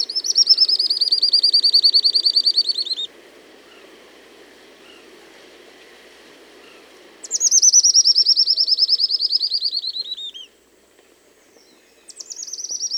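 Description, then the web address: Gray elaenia singing a long, rapid, buzzy trill of high notes that gradually drops in pitch, repeated after a pause of about four seconds. Recorded in South America. "Natures Songs S America Gray Elaenia"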